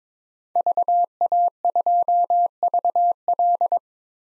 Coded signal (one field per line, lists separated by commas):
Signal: Morse code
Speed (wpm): 22 wpm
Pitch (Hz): 700 Hz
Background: none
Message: VA2VL